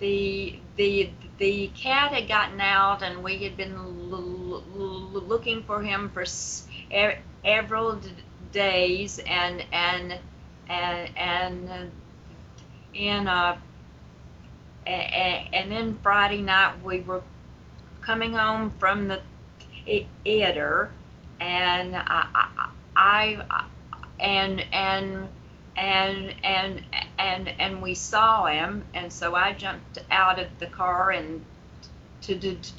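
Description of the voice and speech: An adult woman tells a story with repeated "and-and" starts, stretched sounds and silent blocks: stuttering.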